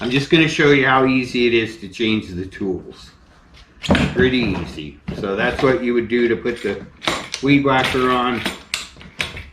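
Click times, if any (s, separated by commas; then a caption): 8.7 s, 9.2 s. A weed trimmer attachment is fitted into the shaft coupling of a Wild Badger 4-in-1 multi-tool while someone talks. Sharp, ratchet-like mechanical clicks come at 8.7 s and 9.2 s, with a fainter tick between them, as the trimmer head locks into place.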